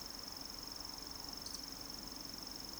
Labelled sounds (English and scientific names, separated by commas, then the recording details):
Eurasian Woodcock (Scolopax rusticola) whistle, Eurasian Woodcock (Scolopax rusticola) croak
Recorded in Baden-Württemberg, Germany, on 30 June 2020 at 20:30 UTC
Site 46046, 702 m above sea level